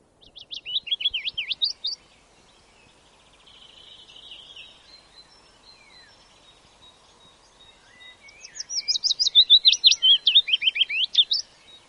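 Willow warbler song: two soft, sweet phrases of quick notes that slide downward in a falling cadence, one at the start and one near the end, with faint chirps between.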